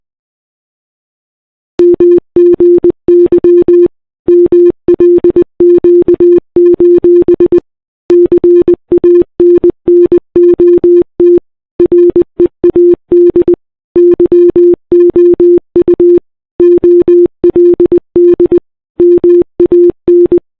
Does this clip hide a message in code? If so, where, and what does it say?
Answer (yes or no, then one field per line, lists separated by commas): yes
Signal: Morse code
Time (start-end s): 1.8-20.4 s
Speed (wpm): 20 wpm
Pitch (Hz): 350 Hz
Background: none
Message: MGY MLQ: CANNOT READ YOU OLD MAN